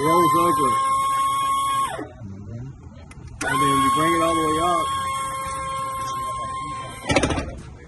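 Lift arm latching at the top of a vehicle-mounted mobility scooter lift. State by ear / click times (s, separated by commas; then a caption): seated / 7.1 s, 7.2 s. A powered, vehicle-mounted mobility scooter lift is raised all the way up. Its motor whines steadily from the start to about 2.0 s, and again from 3.4 s to 7.1 s, while someone talks. At the top of travel the lift arm latches with a metal click at 7.1 s and 7.2 s, which is the cue to stop lifting.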